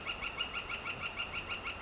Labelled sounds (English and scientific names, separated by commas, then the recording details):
Northern Flicker (Colaptes auratus)
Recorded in Sonoma County, California